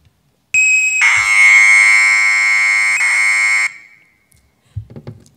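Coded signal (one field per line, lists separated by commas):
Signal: Commodore tape loading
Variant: Commodore 64 Datasette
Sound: half-second high steady tone, then harsh buzzing data screech for about three seconds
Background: brief speech at end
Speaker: so if we take such a tape and with data on it and put it into our stereo try to listen to it what will it sound like well so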